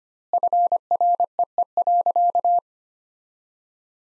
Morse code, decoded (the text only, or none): FREE.